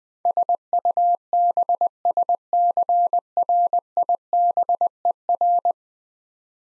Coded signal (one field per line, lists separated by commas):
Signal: Morse code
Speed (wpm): 20 wpm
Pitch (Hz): 700 Hz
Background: none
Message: SUBSCRIBER